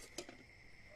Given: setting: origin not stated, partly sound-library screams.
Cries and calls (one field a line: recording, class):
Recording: one-second piece from a danger detection set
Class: normal situation